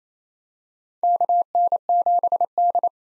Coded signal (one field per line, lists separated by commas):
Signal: Morse code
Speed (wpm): 28 wpm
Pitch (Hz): 700 Hz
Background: none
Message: KN7D